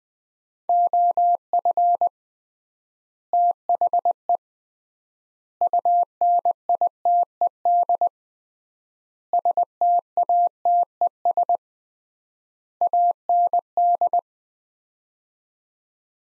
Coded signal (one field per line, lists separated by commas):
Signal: Morse code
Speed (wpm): 20 wpm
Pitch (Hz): 700 Hz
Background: none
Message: OF THE UNITED STATES AND